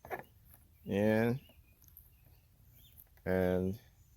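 A replacement factory-style LED side marker light housing for a Corvette C6, held by two small push-in clips, is handled at its opening in the car body panel, with faint small taps and ticks between two short bursts of someone talking. Nothing has seated or clicked yet.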